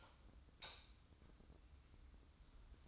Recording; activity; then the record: daily activity, microphone in the room; light off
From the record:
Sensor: 3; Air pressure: 994.4 hPa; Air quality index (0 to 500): 211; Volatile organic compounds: 1000 ppm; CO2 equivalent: 7070 ppm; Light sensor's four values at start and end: 186/450/189/186 and 180/432/181/177